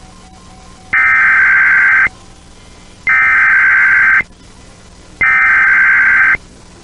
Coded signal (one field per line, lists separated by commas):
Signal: Emergency Alert System (SAME) tones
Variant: header bursts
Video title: IP Radio Captures From March 2021 EAS#141-142